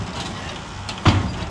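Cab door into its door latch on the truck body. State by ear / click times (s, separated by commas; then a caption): not seated / none. The steel cab door of a '37 rat rod truck, whose cab has just been stretched, is swung shut against the truck body over a low background rumble. A faint knock comes at about 0.9 s, then a heavy low thud at 1.1 s as the door hits the body. The door latch has not caught, and the door does not latch.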